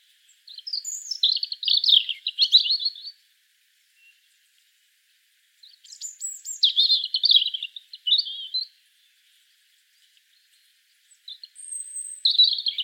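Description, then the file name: European robin singing three separate phrases, each a tumbling jumble of high sweet notes and fast trills, with silent gaps between them. "Erithacus rubecula"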